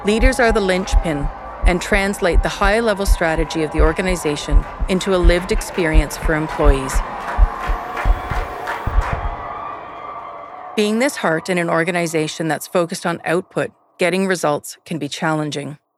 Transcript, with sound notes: Leaders are the lynchpin and translate the high-level strategy of the organization [SOUND EFFECTS OF CHEER/APPLAUSE] into a lived experience for employees. [SOUND EFFECTS FADE AND STOP] Being this heart in an organization that’s focused on output – getting results – can be challenging.